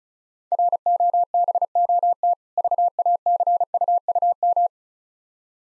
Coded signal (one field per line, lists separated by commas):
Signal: Morse code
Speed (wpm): 35 wpm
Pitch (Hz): 700 Hz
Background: none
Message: ROBOT VACUUM